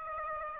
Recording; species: mosquito wingbeat signal from an infrared sensor; Aedes aegypti